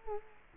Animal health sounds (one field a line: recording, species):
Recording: mosquito wingbeat signal from an infrared sensor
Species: Culex quinquefasciatus